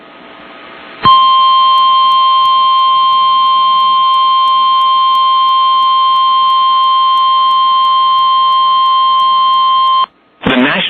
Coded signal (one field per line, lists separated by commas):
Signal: Emergency Alert System (SAME) tones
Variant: 1050 Hz attention tone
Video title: THE ACTION CONTINUES | EAS Alerts from 6/22/2022 (EAS #1346-1352)